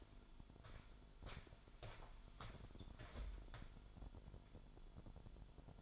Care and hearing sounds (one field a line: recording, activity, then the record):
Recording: daily activity, microphone in the room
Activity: walk to room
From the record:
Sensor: 5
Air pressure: 1008.3 hPa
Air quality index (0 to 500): 125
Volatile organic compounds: 1 ppm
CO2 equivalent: 961 ppm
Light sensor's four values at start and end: 34/80/32/31 and 33/77/31/30